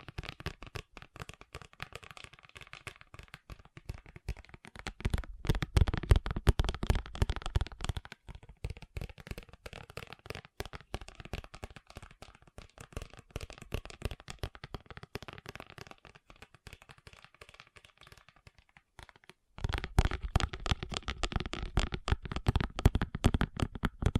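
Fast tapping runs the whole time as a dense, rapid stream of sharp clicks with no real pauses. It gets louder and harder from about 5 to 8 seconds, eases off through the middle, then comes back strong after about 19 seconds.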